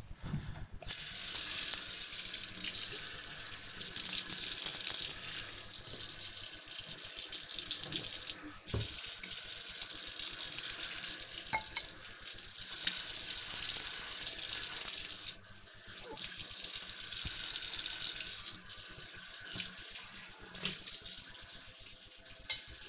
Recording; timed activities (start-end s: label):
household activities, microphone on the right wrist
0.32-22.89 s: washing dishes